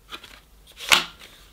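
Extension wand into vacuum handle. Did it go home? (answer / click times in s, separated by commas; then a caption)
yes / 0.9 s. The extension wand of a Dyson Ball Animal Multifloor vacuum cleaner is pushed through the opened cap of the handle. A few soft rustling taps are followed by a sharp, bright click at 0.9 s as the wand clicks into position. The wand is seated in the handle.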